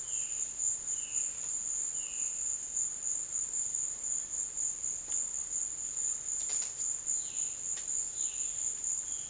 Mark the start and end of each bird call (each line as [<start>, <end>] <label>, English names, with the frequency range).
[0.00, 2.28] Violaceous Jay (1.6-4.2 kHz)
[7.10, 9.29] Violaceous Jay (2.1-4.4 kHz)